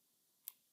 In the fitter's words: The lock is open.